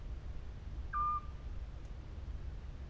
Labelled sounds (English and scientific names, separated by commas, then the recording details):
Eurasian Scops Owl (Otus scops)
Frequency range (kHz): Eurasian Scops Owl (Otus scops) 1.0-2.5 kHz
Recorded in France